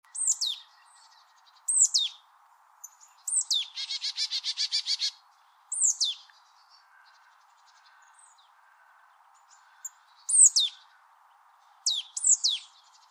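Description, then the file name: Marsh tit calling repeatedly with high, steeply falling notes, broken once by a fast buzzy series of harsh repeated notes, over a low steady hum. "Poecile palustris"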